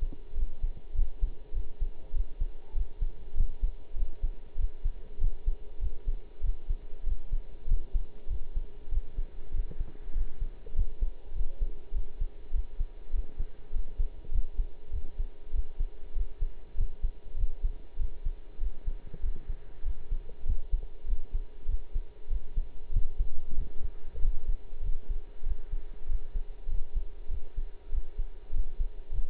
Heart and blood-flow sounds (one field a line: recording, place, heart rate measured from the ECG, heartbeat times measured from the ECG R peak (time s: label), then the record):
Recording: heart sounds by stethoscope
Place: between the tricuspid and mitral areas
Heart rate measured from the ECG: 98 bpm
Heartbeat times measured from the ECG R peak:
0.35 s: heartbeat
0.94 s: heartbeat
1.53 s: heartbeat
2.13 s: heartbeat
2.74 s: heartbeat
3.35 s: heartbeat
3.96 s: heartbeat
4.57 s: heartbeat
5.19 s: heartbeat
5.80 s: heartbeat
6.42 s: heartbeat
7.05 s: heartbeat
7.67 s: heartbeat
8.28 s: heartbeat
8.90 s: heartbeat
9.52 s: heartbeat
10.14 s: heartbeat
10.74 s: heartbeat
11.34 s: heartbeat
11.93 s: heartbeat
12.52 s: heartbeat
13.12 s: heartbeat
13.72 s: heartbeat
14.31 s: heartbeat
14.91 s: heartbeat
15.52 s: heartbeat
16.14 s: heartbeat
16.76 s: heartbeat
17.36 s: heartbeat
17.97 s: heartbeat
18.59 s: heartbeat
19.21 s: heartbeat
19.84 s: heartbeat
20.45 s: heartbeat
21.06 s: heartbeat
21.67 s: heartbeat
22.29 s: heartbeat
22.92 s: heartbeat
23.56 s: heartbeat
24.20 s: heartbeat
24.82 s: heartbeat
25.44 s: heartbeat
26.07 s: heartbeat
26.68 s: heartbeat
27.29 s: heartbeat
27.90 s: heartbeat
28.52 s: heartbeat
29.11 s: heartbeat
From the record:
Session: pedaling a stationary bicycle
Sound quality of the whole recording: partially saturated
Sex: male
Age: 23 years